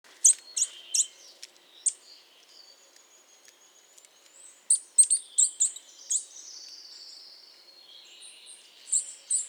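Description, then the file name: Eurasian nuthatch calls: loud, high, clipped notes in short irregular bursts, with a pause in the middle, over faint, thin, high sounds. "Sitta europaea"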